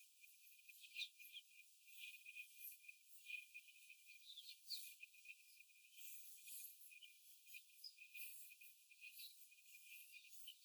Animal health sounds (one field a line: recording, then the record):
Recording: young laying hens in a cage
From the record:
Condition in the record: after the stressor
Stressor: simulated dog barking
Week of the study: 4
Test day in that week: 1